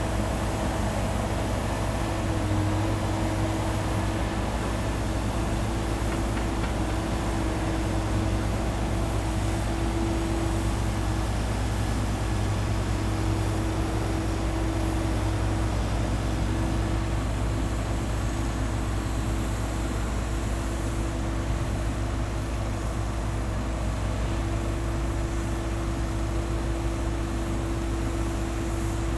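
A distant cement cutter drones on steadily for the whole stretch, a low engine rumble with a fixed mid-pitched whine riding on top. The level barely changes, with only faint grinding textures flickering through a dense, even hiss in the background.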